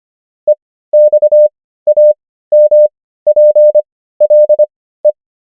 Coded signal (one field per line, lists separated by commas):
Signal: Morse code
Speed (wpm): 25 wpm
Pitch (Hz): 600 Hz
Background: none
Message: EXAMPLE